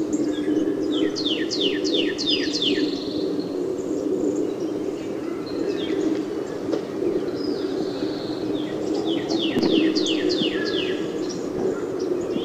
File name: Northern Cardinal-song